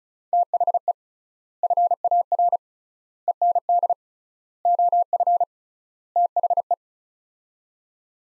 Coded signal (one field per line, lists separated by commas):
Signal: Morse code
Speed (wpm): 36 wpm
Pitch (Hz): 700 Hz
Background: none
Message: THE FAR END OF THE